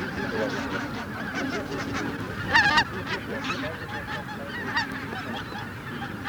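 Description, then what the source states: Greater white-fronted goose flock chatter: dense overlapping high-pitched yelps and honks, one sharp, loud call burst at two and a half seconds, steady low background rumble. Flock chatter ('bazaar') of greater white-fronted geese, used as a lure track for an electronic hunting caller.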